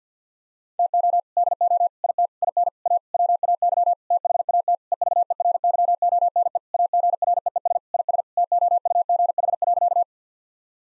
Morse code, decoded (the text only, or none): TO DO IT IN A WAY THAT EVERYONE AGREES IS TOUGH.